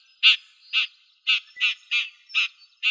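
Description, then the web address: Red-backed shrike giving harsh, short chacking notes, seven in three seconds, scratchy and a little unevenly spaced, with a quiet background. Slovenia. "Lanius collurio"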